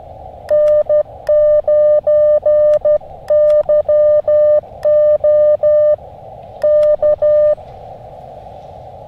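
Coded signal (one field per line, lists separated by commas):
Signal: Morse code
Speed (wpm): 12 wpm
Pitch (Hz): 600 Hz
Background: none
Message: N9YO K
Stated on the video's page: QRP CW from an Elecraft KX2 using a Packtenna long wire antenna outdoors in fall.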